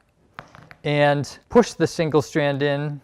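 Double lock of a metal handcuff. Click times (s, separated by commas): 0.4 s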